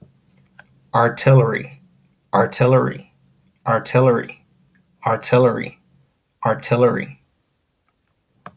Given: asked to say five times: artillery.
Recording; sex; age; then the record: repeated word; male; 30 to 39 years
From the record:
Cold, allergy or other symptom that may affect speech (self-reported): no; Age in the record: 33 years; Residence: Washington, United States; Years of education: 14